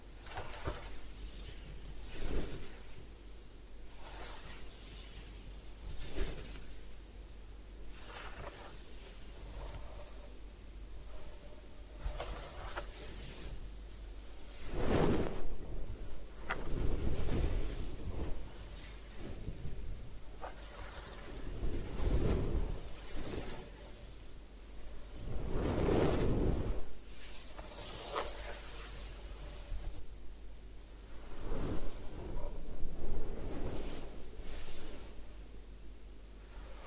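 Hair washing and scalp massage: steady rubbing and swishing with repeated louder bursts of wet scrubbing, strongest around 15, 22 and 26 seconds.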